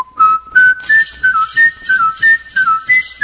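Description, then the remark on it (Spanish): A person whistles a lively melody, a bright, clear tone stepping between pitches in short phrases with quick slides, loud and steady over a faint background hiss. “Entonces yo pues desde la edad de 10 años estoy silbando, ya me he ganado 5 campeonatos, 3 nacionales, 2 mundiales.”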